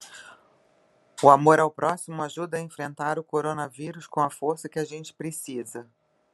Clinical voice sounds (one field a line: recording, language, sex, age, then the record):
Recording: spoken sentence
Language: Brazilian Portuguese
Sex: female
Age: 50 to 59 years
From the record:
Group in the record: control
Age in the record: 52 years